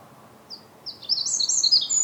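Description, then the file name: Eurasian wren: one high note, a short pause, then a rapid, shrill stream of twittering notes beginning. "Troglodytes troglodytes"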